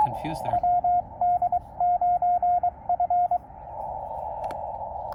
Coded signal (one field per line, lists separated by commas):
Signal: Morse code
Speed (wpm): 21 wpm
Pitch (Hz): 690 Hz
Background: speech, radio noise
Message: WD9F